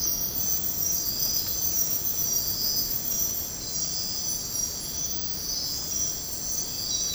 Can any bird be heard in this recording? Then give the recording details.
no. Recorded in dense forest near Puerto Asís, Putumayo, Colombia, on 19 February 2024 at 04:30. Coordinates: 0.503, -76.322. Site G6418